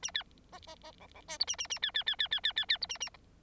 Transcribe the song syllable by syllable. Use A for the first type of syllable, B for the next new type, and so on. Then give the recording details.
A B C C C D D E F A A A B B B B B B B B F A A. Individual Bird9